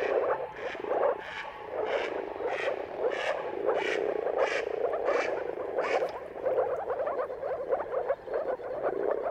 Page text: Dawn’s Chorus: Mating Calls of Marsh Frogs at Sunrise. Depending on the weather at the turn of March and April, you can witness an amazing spectacle of moor frogs. Jakub-Orzecki moor frogs